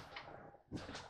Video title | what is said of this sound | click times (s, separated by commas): Virtual Walkthrough of 2022 East to West Alta 2800KBH Bunkhouse Travel Trailer at Parkland RV Center | it just folds right back up inside of itself clicks into place | 0.2 s